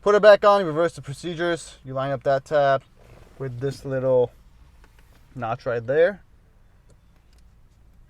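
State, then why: Not seated. Someone talks while a BMW ZHP weighted shift knob for an E90/E92 335i is positioned over the car's gear shift lever, with its tab lined up with the small notch before it is pushed down. Only small, quiet handling noises are heard around 4.8, 5.0 and 7.4 seconds. Nothing has seated or clicked yet.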